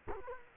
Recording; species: mosquito wingbeat signal from an infrared sensor; Culex quinquefasciatus